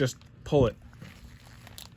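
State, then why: Released. Someone talks while an ignition coil pack on a BMW E34 engine is gripped tightly and pulled off its spark plug during a coil boot replacement. A short, sharp click is heard at 1.8 s as the coil pack releases from the plug.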